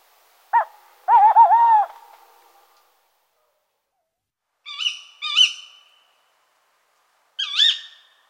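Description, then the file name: Tawny owl giving a short hoot, then a long wavering, quavering hoot, followed by three higher-pitched, strained calls with harmonics in the quiet. "Chouette hulotte"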